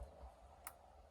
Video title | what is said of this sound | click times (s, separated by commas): Bessacarr 584 2018 | don't know if you heard it, that was one click there. | 0.7 s